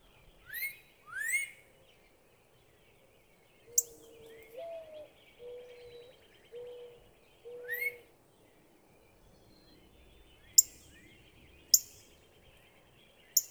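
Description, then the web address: Northern cardinal gives rising whistled slurs, with a run of low steady whistled notes and sharp high clicks scattered through. "birdsongforthecurious songs Northern Cardinal"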